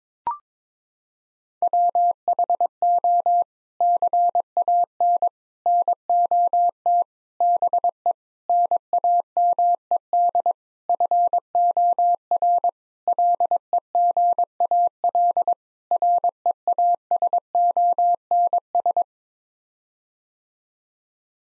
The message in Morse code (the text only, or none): WHO CAN NOT BE NAMED FOR LEGAL REASONS